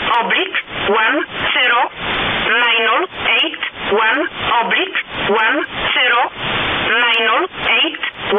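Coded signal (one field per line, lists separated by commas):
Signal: numbers station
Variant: E11a (Oblique)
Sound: a voice reading short, evenly spaced words over radio, with hiss between them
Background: radio static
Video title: Numbers Station E11a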